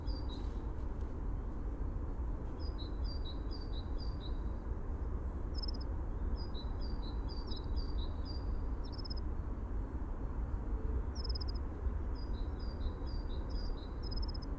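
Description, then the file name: Dunnock giving thin high notes in several bursts, each a rapid run alternating two pitches, with a few sharper chips between and a constant low rumble underneath. "Prunella modularis - Dunnock"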